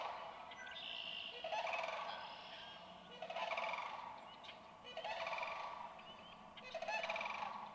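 Sandhill crane calls heard at a lower level, rolling pulsed rattles repeated every couple of seconds, with higher chirping notes mixed in.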